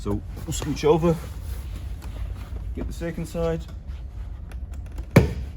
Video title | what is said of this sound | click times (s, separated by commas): How to remove a Tesla Model S 2012 2021 Rear Seat, DIY | and it pops up so you hear it click | 5.2 s